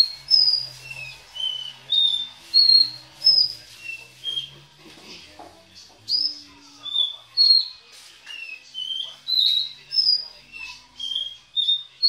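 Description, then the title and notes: Belgian canary delivering a long run of ringing whistled notes, each at a new pitch, in a steady rhythm. "Canario Belga, nyonyastudio"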